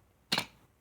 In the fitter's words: and it clicks into place